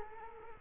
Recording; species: mosquito wingbeat signal from an infrared sensor; Culex quinquefasciatus